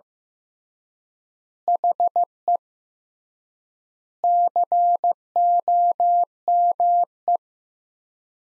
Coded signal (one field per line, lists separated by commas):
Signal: Morse code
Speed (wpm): 15 wpm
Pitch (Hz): 700 Hz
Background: none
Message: HE COME